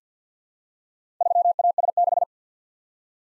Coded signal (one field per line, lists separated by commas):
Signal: Morse code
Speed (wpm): 53 wpm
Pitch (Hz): 700 Hz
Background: none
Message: 3AS6